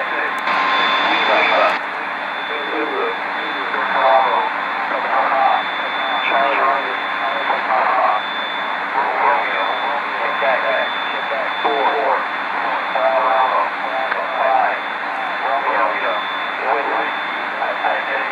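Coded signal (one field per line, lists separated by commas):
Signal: coded military voice message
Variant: Emergency Action Message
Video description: An Emergency Action Message (or EAM for short) is broadcast from Andrews Airforce Base, and is relayed by various transmitters globally.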